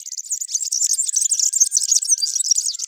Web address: Serinus serinus